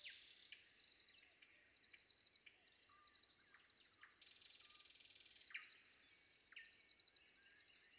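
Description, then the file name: Common nightingale song: a series of high whistled notes repeated about twice a second, then a harsh buzzy rattle lasting over a second, followed by scattered chirps. Sung before dawn. "predawn nightingale"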